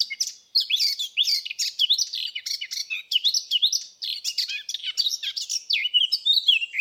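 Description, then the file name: Eurasian blackcap pouring out a dense, energetic warble of quick slurred and twittering notes, almost without pause. "Sylvia atricapilla"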